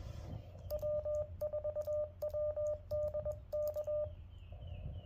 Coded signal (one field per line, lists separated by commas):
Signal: Morse code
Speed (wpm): 20 wpm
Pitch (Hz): 600 Hz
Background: none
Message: W4WDK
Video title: US-12071 CW Revisit